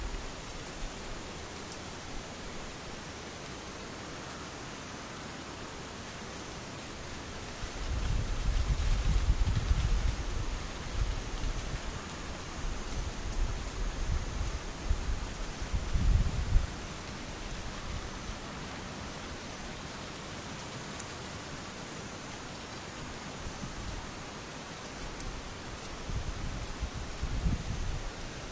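Rain falls in a steady, dense hiss throughout, with a faint thin high insect tone running beneath it. Low rumbling gusts swell in around eight to eleven seconds, again near sixteen seconds, and briefly at the end.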